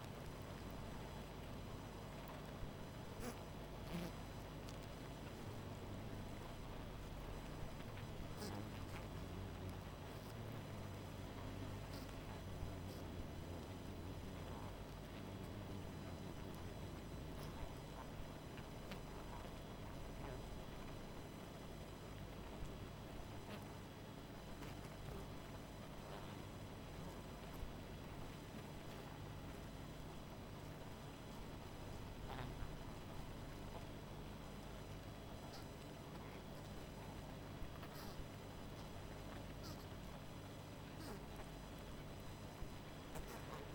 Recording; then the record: honeybee colony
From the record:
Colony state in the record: missing queen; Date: 14 July 2017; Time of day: 19:38